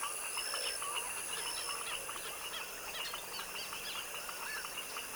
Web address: Sonniss - GDC 2017-Game Audio Bundle Articulated Sounds - Tropical Ambiences TROPICAL Wetland swamp evening foaming frog dusk chorus